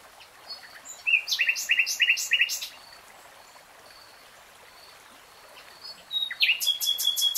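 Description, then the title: Nightingale song: a rapid run of loud repeated chirps, a few seconds' pause, then a new phrase opening with a downward sweep and quick repeated notes. Heard in real time, not slowed. "[Tiếng chim hót] Nightingale Singing"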